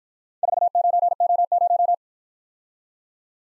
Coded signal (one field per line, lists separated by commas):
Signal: Morse code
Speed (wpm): 53 wpm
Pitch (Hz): 700 Hz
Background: none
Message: 49O0